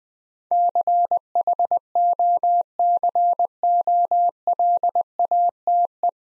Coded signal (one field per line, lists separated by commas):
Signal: Morse code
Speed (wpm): 20 wpm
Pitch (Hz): 700 Hz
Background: none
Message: CHOCOLATE